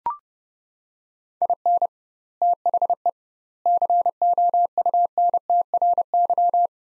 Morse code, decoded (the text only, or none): IN THE COUNTRY